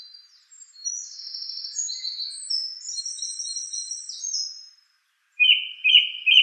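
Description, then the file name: Song thrush singing a long run of thin, high, scratchy trills and squeaks, then after a short pause a lower phrase repeated. "suara-kicauan-burung-song-thrush -omkicau"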